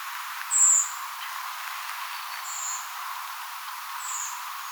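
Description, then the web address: Redwing calls: one sharp, high, drawn-out tseep, then two fainter thin notes spaced over the next few seconds, against a constant background hiss. Calls of a redwing flock, 29 October 2025. "paivat 29 10 2025 punakylkirastasparven aantelya"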